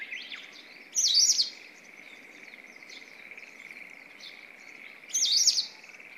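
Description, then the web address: White wagtail gives two bright, sharp twittering calls about four seconds apart over a steady high insect drone. "izumino saunndo hakusekirei"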